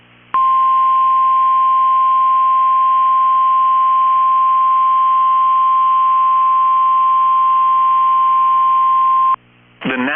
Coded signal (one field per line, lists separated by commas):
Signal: Emergency Alert System (SAME) tones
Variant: 1050 Hz attention tone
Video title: EAS #4 SevereT storm watch for central Minnesota and Minneapolis 6/2/25